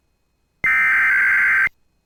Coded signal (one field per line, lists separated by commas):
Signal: Emergency Alert System (SAME) tones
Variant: header bursts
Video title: [EAS] Winter Storm Warning Extention For Fargo-Moorhead Area